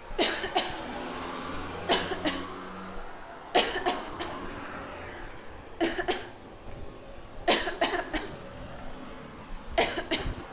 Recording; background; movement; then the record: voluntary coughing; traffic; walking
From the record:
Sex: female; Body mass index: 18.3 kg/m2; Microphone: on the chest, facing outward